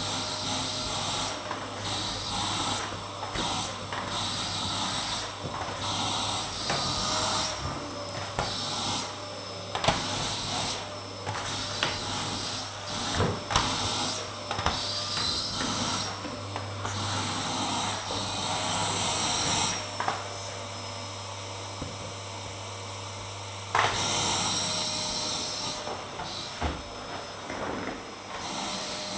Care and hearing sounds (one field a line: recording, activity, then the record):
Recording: daily activity, microphone in the room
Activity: vacuum cleaning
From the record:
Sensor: 3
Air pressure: 995.2 hPa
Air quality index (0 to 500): 68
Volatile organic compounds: 4 ppm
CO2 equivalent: 1538 ppm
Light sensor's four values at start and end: 18/52/22/19 and 18/52/22/19